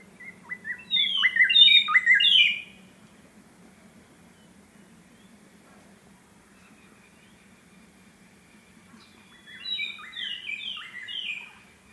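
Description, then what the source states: White-browed robin-chat song: a loud burst of rich, slurred whistled phrases for about two seconds, a long pause over a low steady hum, then a quieter repeated phrase series. Okavango Panhandle, 14 August 2015, 6:36 AM; ever-changing song that seems to come from everywhere at once; mic placed outside the tent; Sound Devices 702 recorder with Sennheiser 418 stereo microphone.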